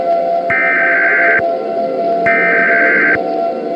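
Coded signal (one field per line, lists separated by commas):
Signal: Emergency Alert System (SAME) tones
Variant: header bursts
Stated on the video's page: Fictional scenario alert.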